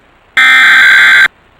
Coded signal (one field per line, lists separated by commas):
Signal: Emergency Alert System (SAME) tones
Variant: header bursts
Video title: (EAS #2) Suddenlink - Child Abduction Emergency (11/12/2021)